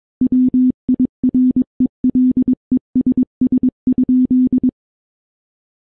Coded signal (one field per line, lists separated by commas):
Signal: Morse code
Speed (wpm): 22 wpm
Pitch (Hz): 250 Hz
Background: none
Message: WIRELESS?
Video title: An Eastern Telegraph Company Primer: Answering the questions you didn't know you wanted to ask